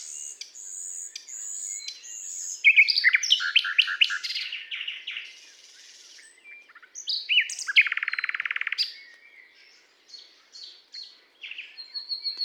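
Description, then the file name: Common nightingale singing: high pure whistles open, then a fast run of loud repeated notes and a dry, buzzy rattle, ending in scattered short phrases. "Luscinia megarhynchos"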